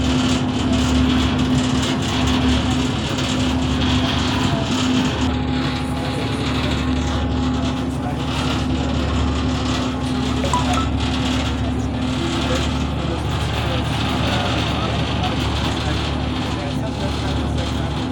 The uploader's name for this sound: Ferry from Amsterdam North to Central Station